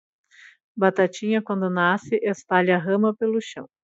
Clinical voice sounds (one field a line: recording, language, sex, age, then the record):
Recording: short text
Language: Brazilian Portuguese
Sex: female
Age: 40 to 49 years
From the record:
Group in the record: control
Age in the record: 46 years